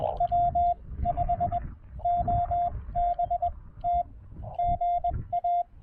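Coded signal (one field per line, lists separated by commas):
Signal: Morse code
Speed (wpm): 20 wpm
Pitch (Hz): 700 Hz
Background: none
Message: W5OBT GA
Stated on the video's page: Morse sent with a Palm Pico paddle on a Discovery TX-500 during a Parks On The Air activation.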